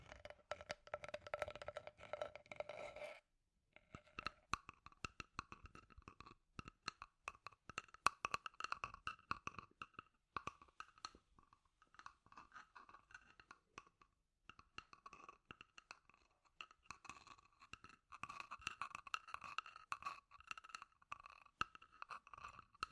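Scratchy tapping made of dense, rapid clicks and scrapes that crowd together almost without pause. A brief silence comes just after three seconds, then the busy pattern resumes, with denser, brighter bursts near the start and again after eighteen seconds.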